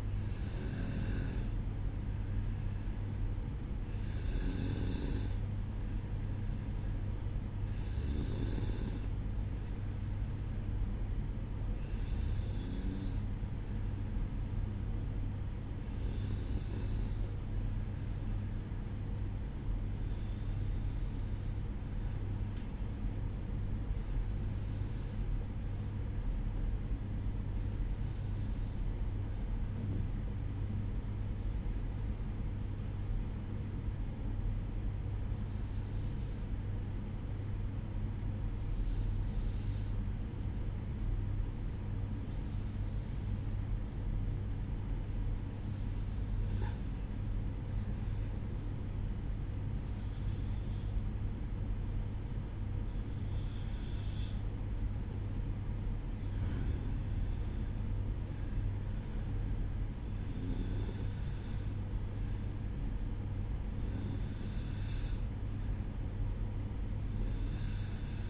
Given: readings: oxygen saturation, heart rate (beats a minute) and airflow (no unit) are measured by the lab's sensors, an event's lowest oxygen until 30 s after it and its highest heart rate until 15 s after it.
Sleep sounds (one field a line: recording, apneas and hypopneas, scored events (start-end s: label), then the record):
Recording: breathing in sleep by a smartphone at the bedside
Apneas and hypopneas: 1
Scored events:
17.00-57.70 s: hypopnea (N1, oxygen 95% highest, then 93% lowest, heart rate 59 at the start, 67 highest)
23.00-68.30 s: new sleep stage, N2 (light sleep)
From the record:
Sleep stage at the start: N1 (lightest sleep)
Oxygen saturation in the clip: 91 to 95%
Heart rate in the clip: 59 to 67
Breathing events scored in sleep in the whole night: 305 in 9.6 hours asleep